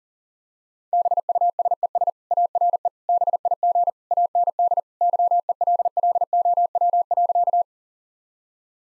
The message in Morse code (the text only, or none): BUSES ARE BIG AND YELLOW.